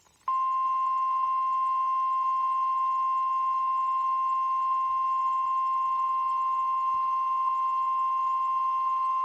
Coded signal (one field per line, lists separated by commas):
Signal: Emergency Alert System (SAME) tones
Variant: 1050 Hz attention tone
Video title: EAS #1,693-1,694 (DOUBLE-HEADER) Online NOAA Weather Radio PDS TOA #720/SVR #3 12/28/24